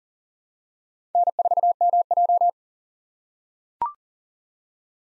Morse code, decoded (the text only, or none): N4MJ